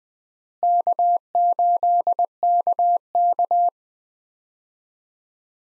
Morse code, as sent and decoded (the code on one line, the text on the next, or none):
-.- ---.. -.- -.-
K8KK